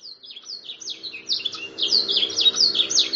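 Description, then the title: Atlantic canary song, starting softly and building into a rapid series of bright, high downslurred chirps. "kenari"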